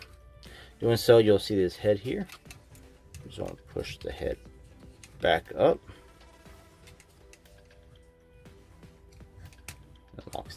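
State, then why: Seated. Someone talks while pushing the plastic head of a Transformers Studio Series 86 Snarl action figure back up into its torso during the robot-to-dinosaur transformation. Scattered small plastic handling ticks are heard, then the head locks into place with a sharp click at 9.7 s.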